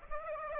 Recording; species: mosquito wingbeat signal from an infrared sensor; Aedes aegypti